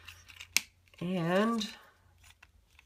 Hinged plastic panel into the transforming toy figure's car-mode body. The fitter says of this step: I'll snap into place